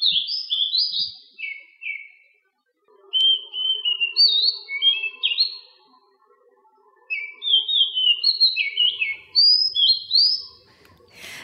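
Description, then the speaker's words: Oriental Magpie-robin singing clear, fluty whistles and quick slurred phrases in a few bursts, with a soft steady hum in the background. Adult male, recorded in Selangor, Malaysia; known locally as Murai Kampung; often heard at dawn; prized and trapped as a caged songbird. "That was the song of an adult male Oriental magpie robin, or the Murai Kampung, as they're commonly known here in Malaysia. And that clip you heard was actually recorded right here in Selangor."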